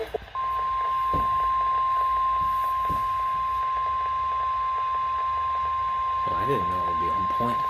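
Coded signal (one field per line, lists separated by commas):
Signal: Emergency Alert System (SAME) tones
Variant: 1050 Hz attention tone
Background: speech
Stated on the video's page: Required Monthly Test, followed by an ECCC weather radio message about its new voices upgrade.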